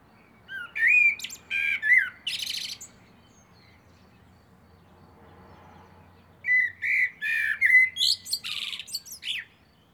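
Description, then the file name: Common blackbird song: two warbled phrases separated by a quiet pause. Each phrase has mellow whistled notes followed by thin, high twitters. "Turdus merula"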